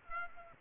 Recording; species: mosquito wingbeat signal from an infrared sensor; Aedes aegypti